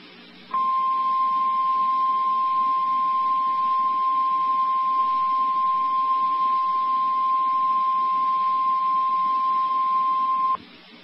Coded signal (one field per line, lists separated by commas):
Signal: Emergency Alert System (SAME) tones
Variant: 1050 Hz attention tone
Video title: Real EAS #441 - Severe Thunderstorm Warning